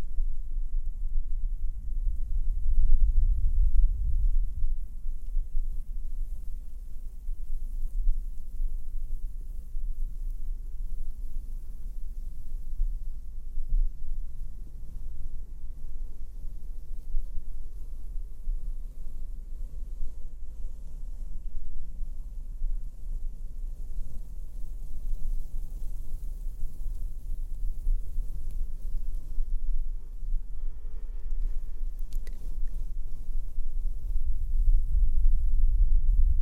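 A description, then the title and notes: Slow mic brushing and blowing, heard as a soft, deep rumble that stays low throughout. A heavier swell of breathy rumble rises near the start and again at the very end, with a calmer, steady stretch between and a faint brief scratch around thirty-two seconds. ASMR super slow mic brushing & blowing - bassy, binaural, no makeup.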